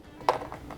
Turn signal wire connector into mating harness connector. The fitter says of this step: you'll hear it click